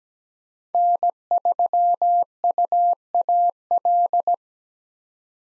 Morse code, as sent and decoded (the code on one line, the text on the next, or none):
-. ...-- ..- .- .-..
N3UAL